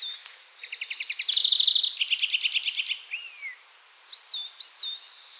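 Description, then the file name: European greenfinch giving a run of rapid, stuttering trills with a bright buzzy section, then a downslurred note and two short whistled notes. "Chloris chloris"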